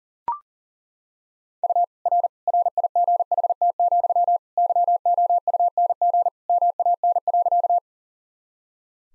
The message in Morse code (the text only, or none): U R RIGHT, YOUNG MAN.